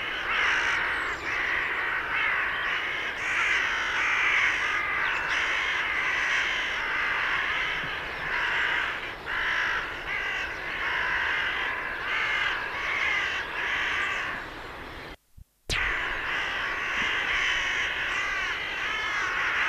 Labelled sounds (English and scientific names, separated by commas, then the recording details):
Carrion Crow (Corvus corone) call
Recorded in the wild
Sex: diverse
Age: adult
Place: Garmisch-Partenkirchen, Bayern, DE
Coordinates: 47.4928, 11.0761
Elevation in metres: 706
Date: 1968-04-24
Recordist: Tretzel, Erwin